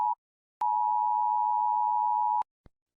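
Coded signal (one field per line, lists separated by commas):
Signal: Emergency Alert System (SAME) tones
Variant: 853 and 960 Hz attention tone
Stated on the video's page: Compilation of emergency alarms from many countries, including Australia, Japan, Norway, Sweden, Tanzania and a 1993 USA alert.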